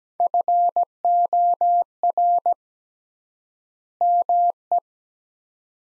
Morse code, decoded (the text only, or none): FOR ME